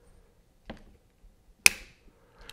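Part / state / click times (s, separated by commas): preset torque limiter on scope ring screw / torque reached / 1.7 s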